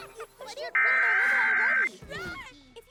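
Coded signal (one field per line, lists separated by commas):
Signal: Emergency Alert System (SAME) tones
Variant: header bursts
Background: speech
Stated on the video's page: Valid EAS tones taken from older videos, edited into a show as fake interruptions: a Rainbow Dash warning, test messages, and a dust storm warning.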